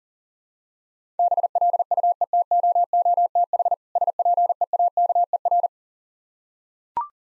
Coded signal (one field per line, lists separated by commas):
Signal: Morse code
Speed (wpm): 40 wpm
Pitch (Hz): 700 Hz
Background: none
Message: BLUETOOTH SPEAKER